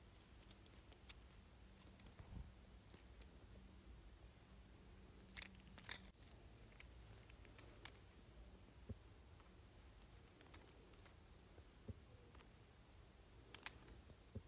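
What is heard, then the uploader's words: An emerald rolling pin being handled, heard as sparse, quiet clicks and light taps scattered over a soft, steady hiss. Sharper bright ticks land around 5.5–6 seconds and again near 8, 10.5 and 13.5 seconds, with a faint low hum running through the first six seconds. ASMR Emerald Rolling Pin.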